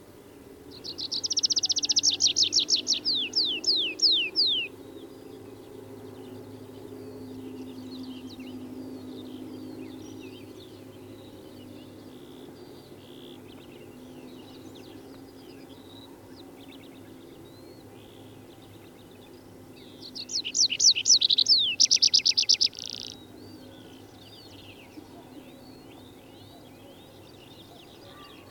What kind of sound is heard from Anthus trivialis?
song